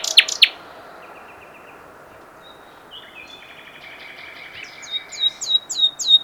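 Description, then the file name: Common nightingale song: a sharp opening burst, a quiet stretch with faint notes, then a drawn-out note and a quick series of repeated chirps growing louder. "Luscinia megarhynchos"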